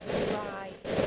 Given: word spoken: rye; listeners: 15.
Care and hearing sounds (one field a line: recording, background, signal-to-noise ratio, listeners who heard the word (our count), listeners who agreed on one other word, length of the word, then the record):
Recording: one English word in noise, from a listening test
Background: noise modulated by three-talker babble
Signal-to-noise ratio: -4.9 dB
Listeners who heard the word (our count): 2 of 15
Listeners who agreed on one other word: 11 of 15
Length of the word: 0.67 s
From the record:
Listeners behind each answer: 11, 2, 1, 1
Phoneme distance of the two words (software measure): 7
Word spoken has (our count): 1 syllable, 2 phonemes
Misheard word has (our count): 1 syllable, 3 phonemes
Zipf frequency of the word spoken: 3.47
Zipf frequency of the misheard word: 4.96